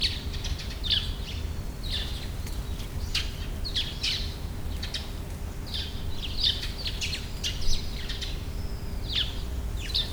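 Bird calls, brief high chirps and downslurred notes repeated irregularly throughout, with persistent low rumbling noise underneath.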